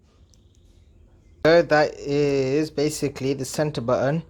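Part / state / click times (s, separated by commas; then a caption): switch into the center console button blank / seated / 0.3 s, 0.6 s. A switch is pushed into the spare center console button blank by the gear stick of a BMW E63 650i. Two small clicks are heard at 0.3 and 0.6 s, followed by someone talking. The switch is seated and locked into place.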